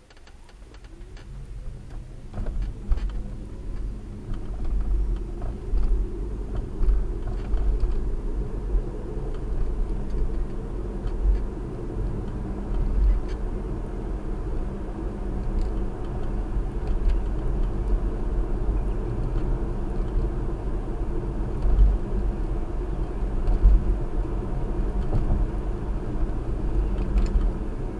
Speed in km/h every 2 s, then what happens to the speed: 8, 29, 35, 44, 50, 53, 56, 60, 61, 61, 61, 61, 61, 58.
0-16 speeds up to 61. 16-25 steady at about 61.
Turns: none.